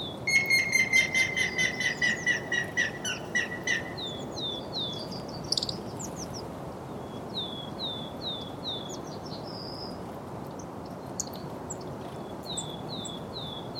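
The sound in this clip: Grey-headed woodpecker song: a series of whistled notes that falls in pitch and fades, followed by scattered high chirps from other birds over constant low background noise.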